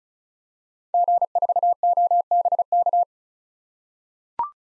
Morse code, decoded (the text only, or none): G4OBK